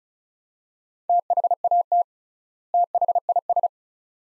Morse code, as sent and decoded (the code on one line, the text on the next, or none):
- .... .- - / - .... .. ...
THAT THIS